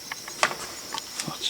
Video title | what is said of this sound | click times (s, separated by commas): Mazda CX-50 Trailer Hitch Wiring | snaps back in quicker than it came out | 0.4 s, 1.2 s